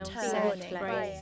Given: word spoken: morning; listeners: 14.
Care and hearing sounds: one English word in noise, from a listening test; four-talker babble; -2.8 dB; 2 of 14; 7 of 14; 0.82 s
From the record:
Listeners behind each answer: 7, 2, 1, 1, 1, 1, 1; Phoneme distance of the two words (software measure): 34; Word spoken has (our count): 2 syllables, 5 phonemes, stress on syllable 1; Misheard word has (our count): 1 syllable, 3 phonemes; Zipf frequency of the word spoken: 5.50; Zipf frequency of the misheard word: 5.45

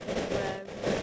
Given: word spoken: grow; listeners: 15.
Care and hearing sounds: one English word in noise, from a listening test; noise modulated by three-talker babble; -6.7 dB; 2 of 15; 6 of 15; 0.63 s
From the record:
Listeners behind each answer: 6, 2, 1, 1, 1, 1, 1, 1, 1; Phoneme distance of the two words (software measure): 7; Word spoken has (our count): 1 syllable, 3 phonemes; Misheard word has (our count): 1 syllable, 2 phonemes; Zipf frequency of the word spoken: 4.93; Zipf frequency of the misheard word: 4.75

